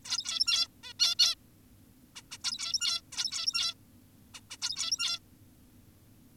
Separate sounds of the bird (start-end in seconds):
0.05-0.68, 0.83-0.93, 1.00-1.15, 1.19-1.35, 2.16-2.22, 2.31-2.38, 2.44-3.01, 3.13-3.74, 4.34-4.41, 4.51-4.57, 4.62-5.19